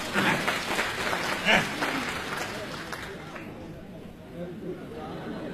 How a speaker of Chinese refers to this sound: 那太好了。各位鼓鼓掌，让他来了。